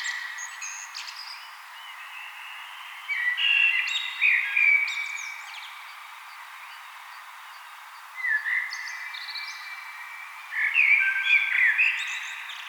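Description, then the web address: Common blackbird delivering relaxed fluted phrases with twittering high endings, spaced a few seconds apart. "vogelstimmen amsel gesang nabu lars lachmann"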